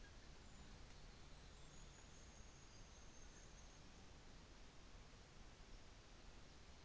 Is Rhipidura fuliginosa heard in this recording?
no